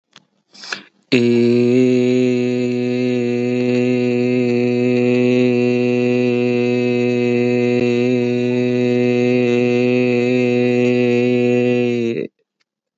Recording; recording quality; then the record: sustained vowel as in made; excellent, no background noise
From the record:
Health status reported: healthy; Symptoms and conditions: none ticked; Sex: male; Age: 34 years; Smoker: not ticked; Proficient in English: yes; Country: India